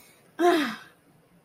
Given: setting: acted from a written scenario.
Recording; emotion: vocal sound without words; contentment